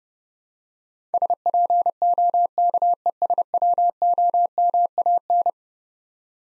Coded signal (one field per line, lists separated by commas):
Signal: Morse code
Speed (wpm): 29 wpm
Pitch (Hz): 700 Hz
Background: none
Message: SPOKESWOMAN